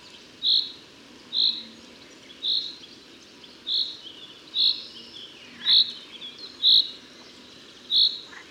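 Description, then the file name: Common chaffinch giving short, bright, high call notes about once a second, eight in total, with faint softer chirps and a low background hiss. "Fringilla coelebs"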